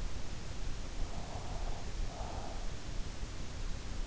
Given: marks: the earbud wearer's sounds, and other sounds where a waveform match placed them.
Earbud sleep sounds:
sounds in sleep by an in-ear microphone; breath
0.83-3.05 s: breath

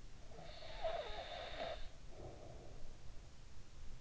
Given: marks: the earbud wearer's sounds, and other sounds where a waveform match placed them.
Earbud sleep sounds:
sounds in sleep by an in-ear microphone; snoring breath
0.14-3.74 s: snoring breath

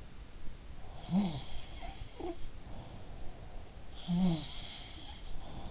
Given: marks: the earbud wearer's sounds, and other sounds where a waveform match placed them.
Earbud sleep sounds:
sounds in sleep by an in-ear microphone; breath
0.99-5.71 s: sound from someone else or the room
2.59-5.11 s: breath

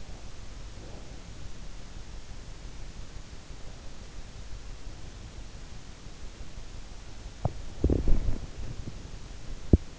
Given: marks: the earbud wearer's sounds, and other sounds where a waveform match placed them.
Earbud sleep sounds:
sounds in sleep by an in-ear microphone; breath, teeth grinding
0.00-1.45 s: breath
7.34-9.90 s: teeth grinding

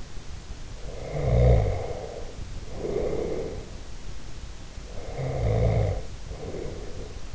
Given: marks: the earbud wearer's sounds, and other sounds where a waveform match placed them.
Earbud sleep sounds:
sounds in sleep by an in-ear microphone; snoring breath
0.79-3.78 s: snoring breath
5.01-7.35 s: snoring breath

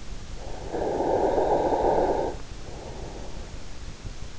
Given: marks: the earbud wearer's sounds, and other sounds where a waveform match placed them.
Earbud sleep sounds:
sounds in sleep by an in-ear microphone; snoring breath
0.52-3.29 s: snoring breath

